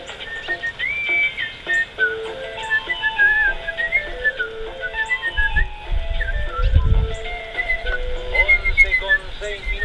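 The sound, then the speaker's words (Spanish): Someone whistles a lilting, continuous tune with rising and falling notes, the recurring whistle of a radio programme. A low rumbling thump breaks in briefly about halfway through, and the whistled melody carries on to the end. “El silbido en la radio que siempre está.”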